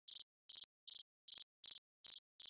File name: Gryllus bimaculatus